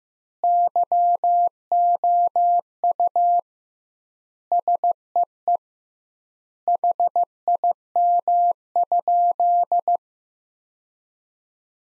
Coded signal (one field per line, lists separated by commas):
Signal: Morse code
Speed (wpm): 15 wpm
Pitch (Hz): 700 Hz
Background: none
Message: YOU SEE HIM?